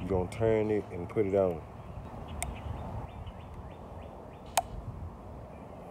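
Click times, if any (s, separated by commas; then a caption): 4.6 s. A thermostat retainer cap is pushed down and twisted over the spring of a new 180 degree thermostat as part of a RIPP Superchargers thermostat swap on a V6 Dodge Charger, Challenger or Chrysler 300. Someone talks at first, then a faint tick comes at 2.4 seconds and a sharp snap at 4.6 seconds as the retainer locks in place.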